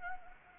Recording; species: mosquito wingbeat signal from an infrared sensor; Anopheles gambiae